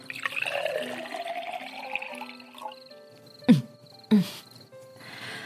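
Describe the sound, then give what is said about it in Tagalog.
Water pours into a glass for a couple of seconds, its tone rising as it fills, followed by two short, louder gulping sounds of someone drinking. “Hay, makainom na nga muna ng tubig.”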